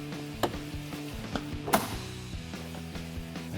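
The remaining plastic push clips of an MP Concepts High Clearance fender flare on a Jeep Wrangler JL are pressed firmly by hand into the vehicle body holes, working from top to bottom, while music plays underneath. Sharp snaps are heard at 0.4 s, 1.4 s and 1.7 s as the clips click into place, the last one seating fully home.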